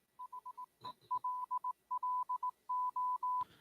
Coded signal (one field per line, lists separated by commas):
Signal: Morse code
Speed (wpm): 18 wpm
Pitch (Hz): 1000 Hz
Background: none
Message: H LLO